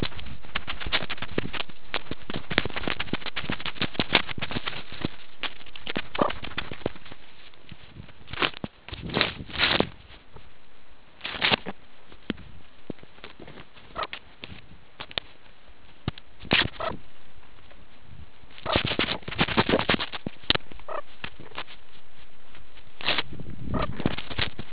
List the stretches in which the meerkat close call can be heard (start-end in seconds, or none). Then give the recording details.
6.15-6.30, 13.94-14.07, 16.77-16.93, 18.64-18.79, 20.87-21.02, 23.71-23.87. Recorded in the Kuruman River Reserve, South Africa. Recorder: an audio tag on a meerkat's collar